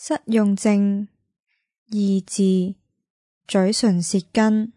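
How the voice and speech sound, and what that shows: An adult voice produces three short, effortful clusters of syllables separated by long pauses, with stretched vowels and distorted, hard-to-identify consonants, in an attempt at the words 'lip, tongue, blade'. The slow, segmented attempt at the word sequence is apraxia of speech, a disorder of planning speech movements.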